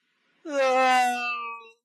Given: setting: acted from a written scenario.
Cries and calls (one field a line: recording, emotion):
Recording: vocal sound without words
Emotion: distress